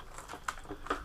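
An HP Pavilion laptop keyboard is fitted into the top case: its bottom edge is lined in first, then the top is pressed down so the plastic clips snap in. Sharp plastic clicks are heard at 0.5 and 0.9 seconds, with softer tapping and rattling around them. The keyboard clicks back into place and is seated.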